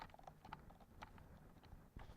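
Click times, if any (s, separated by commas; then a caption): 0.5 s. An oxygen inlet adapter is pushed onto the oxygen port at the center of a medical device, with a few faint taps and knocks over low background noise. A sharp plastic snap at 0.5 s marks the adapter seating into the port.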